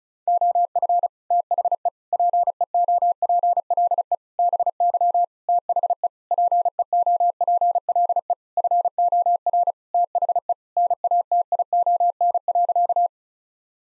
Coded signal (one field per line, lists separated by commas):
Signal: Morse code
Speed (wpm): 36 wpm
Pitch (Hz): 700 Hz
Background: none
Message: OF THE PEOPLE BY THE PEOPLE FOR THE NATION.